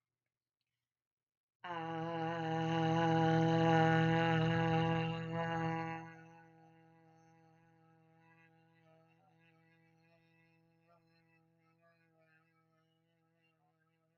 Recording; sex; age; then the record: vowel held as long as possible; female; 30 to 39 years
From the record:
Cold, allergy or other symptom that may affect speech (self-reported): no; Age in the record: 32 years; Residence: Texas, United States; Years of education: 12